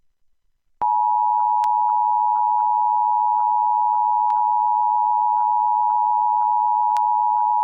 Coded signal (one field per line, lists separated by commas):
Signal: Emergency Alert System (SAME) tones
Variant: 853 and 960 Hz attention tone